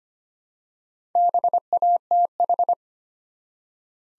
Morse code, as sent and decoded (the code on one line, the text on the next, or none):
-... .- - ....
BATH